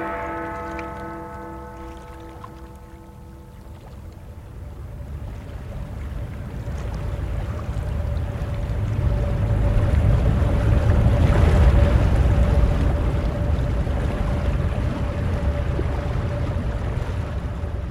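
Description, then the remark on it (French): A small steamboat on the water: a brief harmonic whistle-like tone at the start, then steady low engine rumble mixed with wind and splashing water, swelling louder midway. No voices. “En embarquant sur le petit vapeur, il sembla à Sain qu'il abordait à des rives entièrement neutres”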